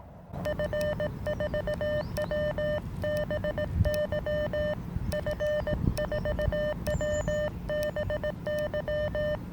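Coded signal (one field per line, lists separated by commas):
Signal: Morse code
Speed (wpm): 18 wpm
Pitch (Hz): 600 Hz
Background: none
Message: F4WBY F4WBY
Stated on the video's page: HF signals on improvised field antennas, better for reception than transmission; possibly a uSDX rig.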